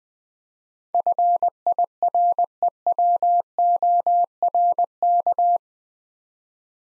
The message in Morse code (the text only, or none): FIREWORK